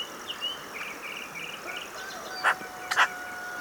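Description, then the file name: Eurasian magpie giving two loud, harsh, rasping notes about half a second apart near the end, after soft warbled chirps from another small bird. "Pica pica"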